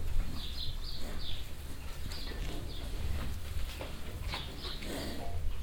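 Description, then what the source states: Cow: cattle feeding with irregular licking and chewing clicks, scattered metallic clanks from the trough, and a continuous low rumble underneath. Many cows crowded together at a trough in a cowshed in Wahlhausen, evening; sounds of their mouths and tongues plus metallic rattling of the trough as the cows move.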